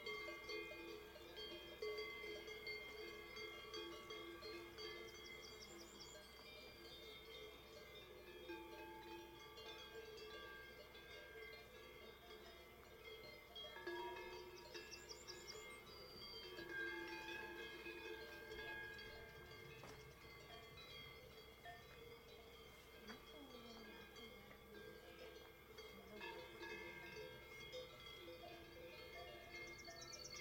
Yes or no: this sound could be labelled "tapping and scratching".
no